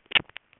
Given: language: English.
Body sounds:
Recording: throat vibration sensor signal played as sound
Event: swallow

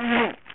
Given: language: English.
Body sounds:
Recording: throat vibration sensor signal played as sound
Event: throat clearing

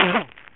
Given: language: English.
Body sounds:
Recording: throat vibration sensor signal played as sound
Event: cough

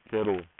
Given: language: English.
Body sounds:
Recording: throat vibration sensor signal played as sound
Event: speech

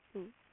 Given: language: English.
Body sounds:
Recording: throat vibration sensor signal played as sound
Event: speech

